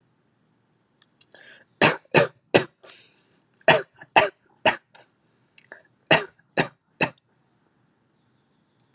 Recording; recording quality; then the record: shallow voluntary cough; excellent, no background noise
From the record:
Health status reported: healthy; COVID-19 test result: negative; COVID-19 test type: RT-PCR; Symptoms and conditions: sore throat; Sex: male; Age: 32 years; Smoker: no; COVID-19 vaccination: both doses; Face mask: not worn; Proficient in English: yes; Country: United States